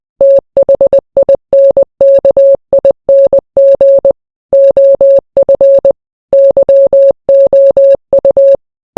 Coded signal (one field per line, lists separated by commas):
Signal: Morse code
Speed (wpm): 20 wpm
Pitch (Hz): 550 Hz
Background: none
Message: THINKING OF YOU